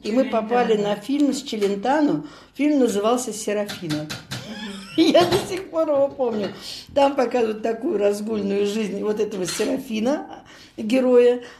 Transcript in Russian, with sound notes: И мы попали на фильм с Челентано, фильм назывался «Серафино». [смеётся] Я до сих пор его помню. Там показывают такую разгульную жизнь вот этого Серафино, героя.